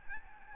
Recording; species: mosquito wingbeat signal from an infrared sensor; Aedes albopictus